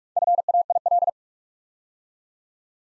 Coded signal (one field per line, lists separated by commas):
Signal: Morse code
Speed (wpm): 44 wpm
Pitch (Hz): 700 Hz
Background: none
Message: FAIL